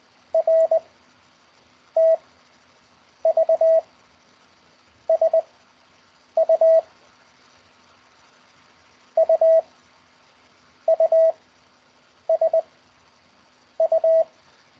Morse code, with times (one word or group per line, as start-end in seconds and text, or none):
0.3-0.8 R
2.0-2.1 T
3.3-3.8 V
5.1-5.4 S
6.4-6.8 U
9.2-9.6 U
10.9-11.3 U
12.3-12.6 S
13.8-14.2 U